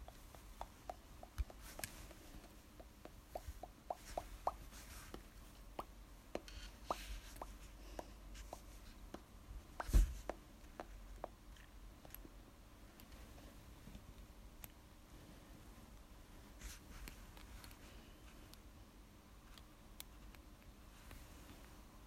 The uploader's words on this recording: Asmr tapping// no talking.